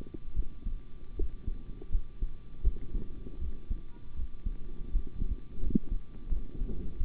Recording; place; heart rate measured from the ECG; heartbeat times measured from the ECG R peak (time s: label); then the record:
heart sounds by stethoscope; between the tricuspid and mitral areas; 81 bpm
0.34 s: heartbeat
1.15 s: heartbeat
1.90 s: heartbeat
2.62 s: heartbeat
3.39 s: heartbeat
4.14 s: heartbeat
4.90 s: heartbeat
5.60 s: heartbeat
6.29 s: heartbeat
6.98 s: heartbeat
From the record:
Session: rest, sitting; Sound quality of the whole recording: good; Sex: male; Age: 25 years